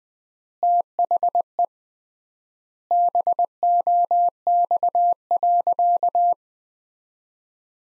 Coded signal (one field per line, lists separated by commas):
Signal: Morse code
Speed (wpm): 20 wpm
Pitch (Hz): 700 Hz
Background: none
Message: THE BOX.